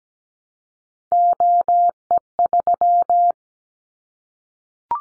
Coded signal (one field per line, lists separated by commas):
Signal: Morse code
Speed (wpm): 17 wpm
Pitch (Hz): 700 Hz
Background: none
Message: OE3